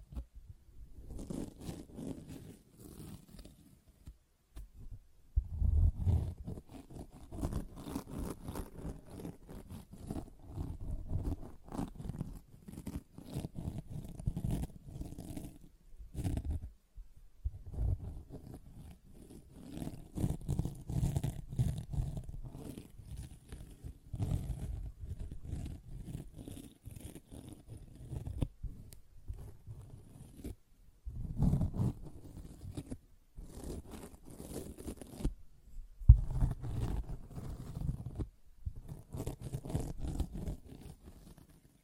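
Sponge sounds: rough scratching and squishing strokes in dense, uneven bursts, mostly low and gritty with some brighter rasping edges. Short silent gaps break the activity near 4, 16, 30 and 35 seconds, and a sharper scrape stands out around 36 seconds.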